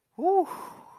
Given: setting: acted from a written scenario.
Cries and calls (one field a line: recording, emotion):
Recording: vocal sound without words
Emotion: elation